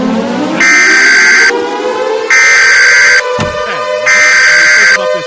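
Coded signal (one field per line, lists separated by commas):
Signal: Emergency Alert System (SAME) tones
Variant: header bursts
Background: speech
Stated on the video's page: Mock EAS alert, not a real one.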